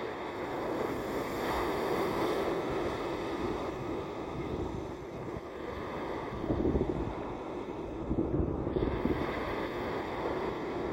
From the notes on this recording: Recorded oceanside in the town of Atlantic Beach, North Carolina.